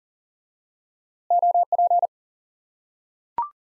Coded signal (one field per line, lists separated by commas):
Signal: Morse code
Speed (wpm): 37 wpm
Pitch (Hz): 700 Hz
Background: none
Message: OP